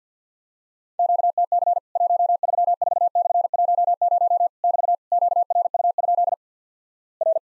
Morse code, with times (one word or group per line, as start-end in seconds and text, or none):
1.0-1.8 QTC
2.0-4.5 134/10
4.6-4.9 <BT>
5.1-6.3 QRU?
7.2-7.4 R